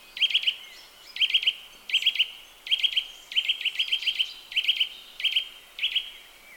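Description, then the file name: Eurasian nuthatch calling in quick groups of piping notes, a few per group, spaced under a second apart. "Sitta europaea"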